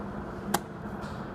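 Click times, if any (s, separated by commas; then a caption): 0.5 s. The underdrive piston of a Chrysler 42LE automatic transaxle clutch assembly is pressed down into its metal clutch retainer housing. Over a low steady hum, one sharp, brief hit sounds at 0.6 s as the piston goes home and locks into place.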